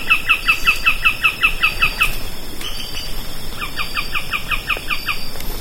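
Bird delivering rapid bursts of clipped descending notes, two runs separated by a short gap with a few faint clicks.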